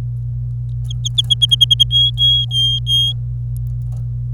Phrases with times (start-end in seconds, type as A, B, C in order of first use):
0.90-1.83 A, 1.91-3.12 B